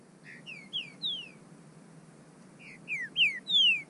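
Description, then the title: Bird gives two phrases of three or four downslurred whistles, the second louder, separated by a quiet pause. "burung"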